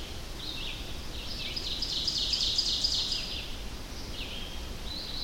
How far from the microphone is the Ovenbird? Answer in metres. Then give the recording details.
about 30 m. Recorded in boreal forest in Alberta, Canada, on 25 June 2016 at 08:46. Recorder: SongMeter 3, array SBT-6-76. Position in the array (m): 34 m, 109 m. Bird 2